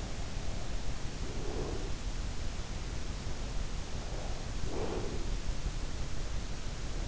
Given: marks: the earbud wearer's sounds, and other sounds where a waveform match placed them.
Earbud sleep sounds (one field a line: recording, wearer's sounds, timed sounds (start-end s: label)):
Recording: sounds in sleep by an in-ear microphone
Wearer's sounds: breath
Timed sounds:
1.04-2.27 s: breath
3.85-5.63 s: breath